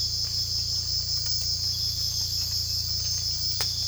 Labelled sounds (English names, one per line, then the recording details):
none
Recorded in secondary vegetation near Puerto Asís, Putumayo, Colombia, on 18 December 2024 at 04:00
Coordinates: 0.484, -76.319
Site GP06